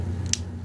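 An unseated internal component of a Galaxy S3 smartphone, which felt spongy during a screen repair, is pressed in by hand. A sharp, loud snap is heard at 0.3 s over a steady low hum, and the part is seated.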